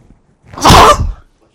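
A single explosive sneeze lasting under a second, with a sharp onset, a loud burst of air noise and a quick fade, from an adult man. An ordinary reflex sneeze with nothing unusual heard.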